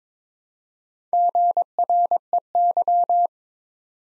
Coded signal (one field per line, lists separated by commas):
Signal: Morse code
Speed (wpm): 22 wpm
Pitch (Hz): 700 Hz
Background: none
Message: GREY